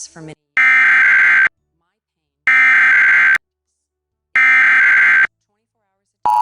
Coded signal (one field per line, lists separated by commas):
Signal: Emergency Alert System (SAME) tones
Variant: header bursts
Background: speech